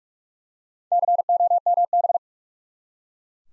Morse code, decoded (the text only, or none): COMB